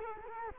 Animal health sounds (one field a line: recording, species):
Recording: mosquito wingbeat signal from an infrared sensor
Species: Culex quinquefasciatus